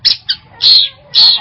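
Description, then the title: Long-tailed shrike harsh calls: a short scratchy double note followed by two longer rasping high notes about half a second apart. "Audio Cendet Pentet"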